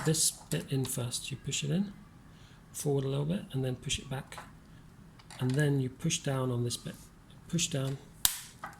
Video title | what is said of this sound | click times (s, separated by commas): Open HP Pavilion 15-AB289SA | you hear that click that's back in place | 8.2 s